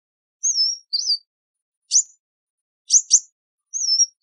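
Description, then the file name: Sunbird calls: thin slurred high whistles, then a single sharp chip and a quick doubled chip, ending with another whistle. "Tieng chim hut mat"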